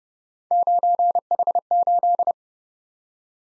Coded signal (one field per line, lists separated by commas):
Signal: Morse code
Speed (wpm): 29 wpm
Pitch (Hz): 700 Hz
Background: none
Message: 9H8